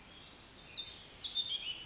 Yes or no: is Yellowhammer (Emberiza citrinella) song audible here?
no